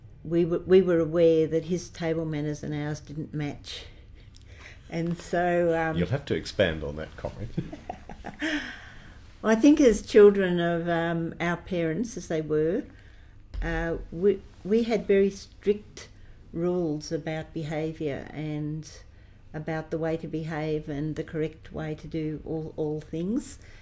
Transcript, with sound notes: We were aware that his table manners and ours didn’t match and so…
You’ll have to expand on that comment.
[laughs] well I think his children of – our parents as they were – we had very strict rules about behaviour and about the way to behave and the correct way to do all things,